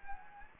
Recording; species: mosquito wingbeat signal from an infrared sensor; Anopheles gambiae